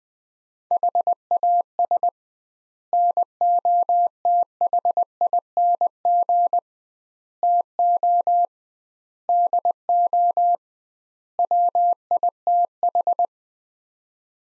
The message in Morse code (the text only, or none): HAS NOTHING TO DO WITH